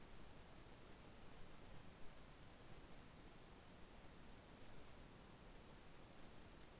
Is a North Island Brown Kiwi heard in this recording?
no